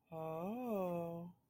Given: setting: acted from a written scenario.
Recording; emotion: vocal sound without words; romantic love